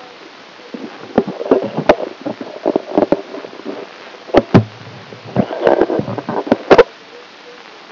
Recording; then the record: brain microelectrode recording played as sound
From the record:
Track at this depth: inside the subthalamic nucleus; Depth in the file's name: 2.921 mm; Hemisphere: right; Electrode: 2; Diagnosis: Parkinson's disease